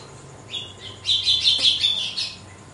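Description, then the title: Red-cowled cardinal giving a brief high, rapid chattering trill that swells and fades within about two seconds. Female song; style called açoite, described as pure, strong, clean and evenly measured. "Canto Galo Campina Fêmea. GALO DE CAMPINA, AÇOITE PURO, FORTE, LIMPO E COMPASSADO"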